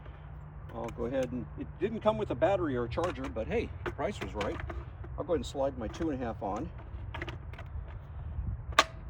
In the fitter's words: Okay, clicks into place.